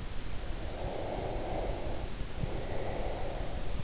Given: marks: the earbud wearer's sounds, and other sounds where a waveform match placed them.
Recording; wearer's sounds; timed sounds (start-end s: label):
sounds in sleep by an in-ear microphone; breath
0.40-3.78 s: breath